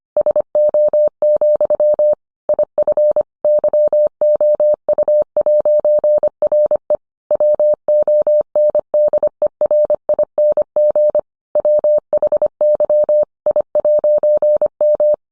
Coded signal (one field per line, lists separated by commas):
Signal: Morse code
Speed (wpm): 25 wpm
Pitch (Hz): 600 Hz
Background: none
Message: SO, IF YOU'RE WONDERING WHY I'M